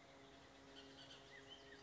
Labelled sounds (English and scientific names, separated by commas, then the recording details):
Bullock's Oriole (Icterus bullockii)
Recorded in Sonoma County, California